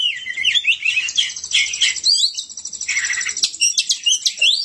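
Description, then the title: Oriental magpie-robin song: tumbling sequence of high whistles and warbled slurs, followed by a long rapid trill and sharp clicking notes. "Kacer"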